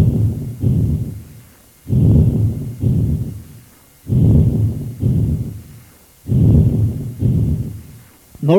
Vesicular breath sounds heard over normal lung tissue. They are low-pitched rustling sounds with inspiration longer than expiration and no gap between inspiration and expiration.